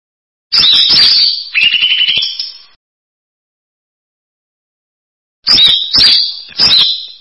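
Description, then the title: Bird call: two bursts, each of two harsh, buzzy high phrases, separated by a few seconds of silence. "burung"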